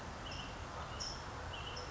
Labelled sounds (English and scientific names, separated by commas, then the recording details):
California Towhee (Melozone crissalis)
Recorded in Sonoma County, California